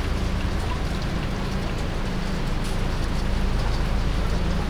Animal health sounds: poultry house recording; healthy chickens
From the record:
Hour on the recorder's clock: 20

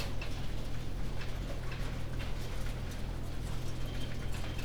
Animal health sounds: poultry house recording; no chicken sound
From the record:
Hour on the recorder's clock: 19

